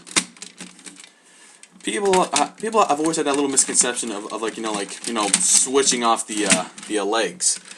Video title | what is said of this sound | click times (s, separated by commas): Mighty Morphin Power Rangers: Thunderzord Assault Team Review | turned sideways and then they click right in here. | 0.4 s